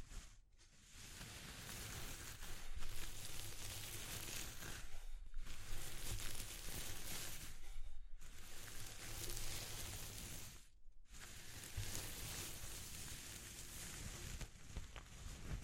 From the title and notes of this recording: ASMR Exploring Textures (No Talking).